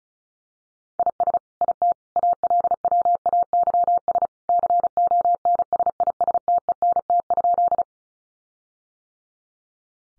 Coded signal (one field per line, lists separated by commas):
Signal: Morse code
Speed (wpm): 34 wpm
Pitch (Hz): 700 Hz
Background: none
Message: IS IT ALWAYS CONSISTENT?